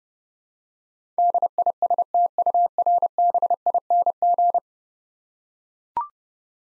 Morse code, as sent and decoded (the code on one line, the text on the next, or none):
-.. .. ... - ..- .-. -... .. -. --.
DISTURBING